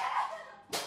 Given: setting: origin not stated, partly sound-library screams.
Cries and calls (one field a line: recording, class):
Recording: one-second piece from a danger detection set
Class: woman in danger